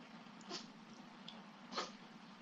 The cat sneezing.